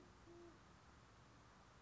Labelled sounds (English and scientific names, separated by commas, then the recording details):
Band-tailed Pigeon (Patagioenas fasciata)
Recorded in Sonoma County, California